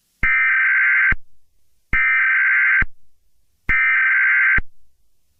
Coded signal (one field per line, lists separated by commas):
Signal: Emergency Alert System (SAME) tones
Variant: header bursts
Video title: EAS scenario 25: Mickey error 6: The Return of Mickey error: Wait it’s not over yet